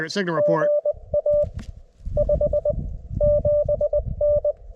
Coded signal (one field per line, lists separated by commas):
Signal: Morse code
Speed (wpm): 22 wpm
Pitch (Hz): 590 Hz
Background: speech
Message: GA 57N